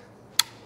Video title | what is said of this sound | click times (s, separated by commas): AM Pressure Washing How to Videos | and push to make sure it clicks and lots in place that's how you put your tips in | 0.4 s